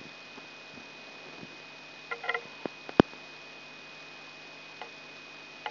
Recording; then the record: brain microelectrode recording played as sound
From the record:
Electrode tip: outside the subthalamic nucleus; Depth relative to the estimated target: -6 mm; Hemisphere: right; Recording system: AlphaMap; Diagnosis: Parkinson's disease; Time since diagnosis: 6 years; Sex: female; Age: 40 years